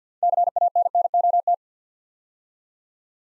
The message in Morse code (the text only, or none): CANNOT